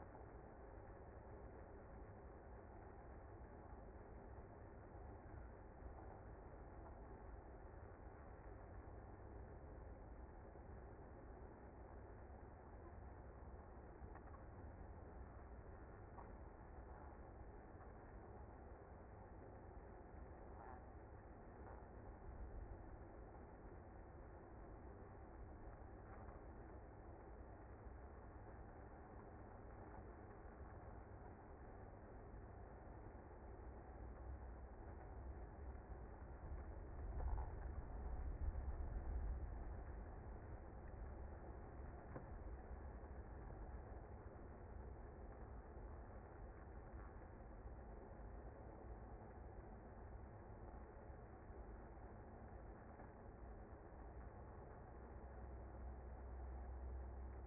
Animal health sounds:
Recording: honeybee colony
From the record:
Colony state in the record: active

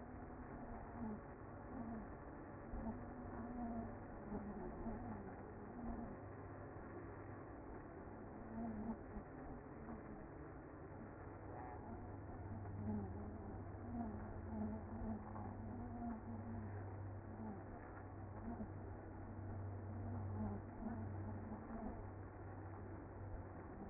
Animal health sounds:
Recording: honeybee colony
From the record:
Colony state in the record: active

